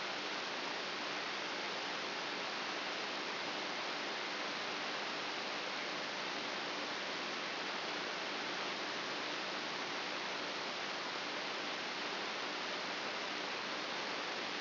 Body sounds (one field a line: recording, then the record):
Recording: brain microelectrode recording played as sound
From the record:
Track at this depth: inside the subthalamic nucleus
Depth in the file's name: 4.44 mm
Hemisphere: right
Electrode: 2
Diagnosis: Parkinson's disease